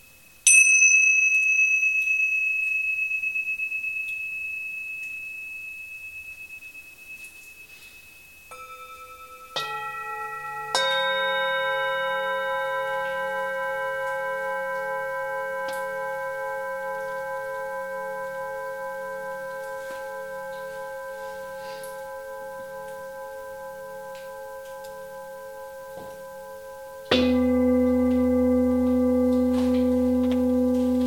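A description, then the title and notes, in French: Tibetan singing bowls are struck one after another in a cave, each ring a pure, sustained tone that fades slowly. A high bowl opens, new strikes enter near 10 and 11 seconds with a gentle wavering beat, and a deep, louder bowl joins near 27 seconds. Concert de bols tibetains dans une grotte.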